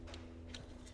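A Beat-Sonic throttle controller module's wiring connector is pressed firmly into the accelerator pedal harness connector of a Toyota GR86, both with plastic housings. A faint tick at 0.1 s comes before a sharper click at 0.6 s as the connector seats, over a steady low hum. The connector clicks in and is confirmed seated.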